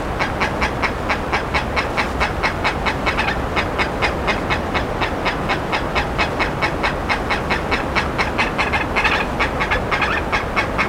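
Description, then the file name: Bird calls, harsh short notes repeated rapidly and evenly, slightly louder near the end, with continuous low background noise. "SABIOD 50 bird 2015"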